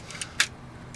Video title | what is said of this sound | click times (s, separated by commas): Down the Cellar 35 - Trove | Oh, got a nice click to it too. Oh, I like that. | 0.4 s